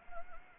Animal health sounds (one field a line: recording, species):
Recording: mosquito wingbeat signal from an infrared sensor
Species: Anopheles gambiae